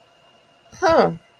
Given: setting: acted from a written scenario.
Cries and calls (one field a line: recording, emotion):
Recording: vocal sound without words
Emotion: interest